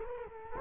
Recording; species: mosquito wingbeat signal from an infrared sensor; Culex quinquefasciatus